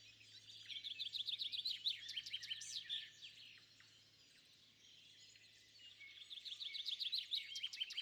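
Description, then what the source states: Birds chirping in a busy chorus, quick trilled phrases at the start and again near the end with a quieter gap between, over a low hum. Bird calls recorded at sunrise.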